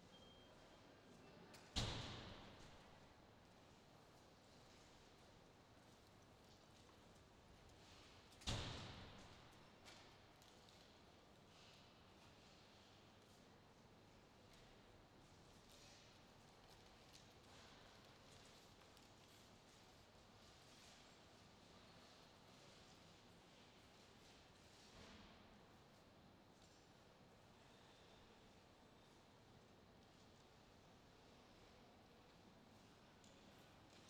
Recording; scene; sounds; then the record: everyday scene through a hearing-aid microphone; reverberant space; background noise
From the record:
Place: railway station hall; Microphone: in the ear canal, left